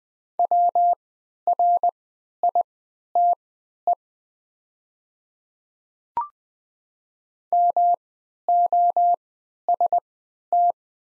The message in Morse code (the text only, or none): WRITE MOST